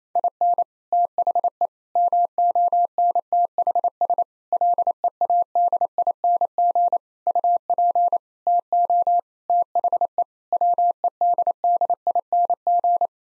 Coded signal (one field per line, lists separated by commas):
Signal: Morse code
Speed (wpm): 28 wpm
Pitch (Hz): 700 Hz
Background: none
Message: IN THE MONTHS LEADING UP TO THE WEDDING